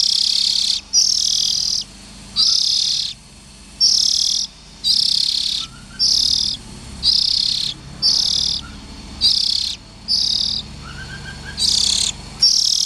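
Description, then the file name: Oriental magpie-robin rasping calls, a steady series of short hissy high bursts about once a second, with a few soft chirping notes between them. Young birds. "Tieng chim chich choe than non"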